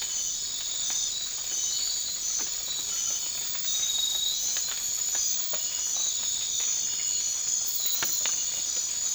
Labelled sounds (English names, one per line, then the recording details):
none
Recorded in dense forest near Puerto Asís, Putumayo, Colombia, on 12 March 2025 at 01:00
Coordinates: 0.500, -76.322
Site GP06